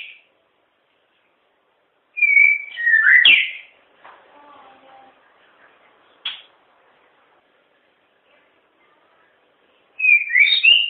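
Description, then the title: White-rumped shama song: a loud whistled phrase with sliding notes, a long quiet gap with faint notes and one sharp note, then the phrase begins again. Wild bird in forest. "Kicau Asli Murai Batu Hutan"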